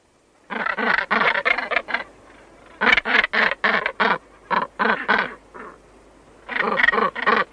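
Northern gannet harsh grating calls, loud rasping bursts in quick runs of several, separated by short pauses.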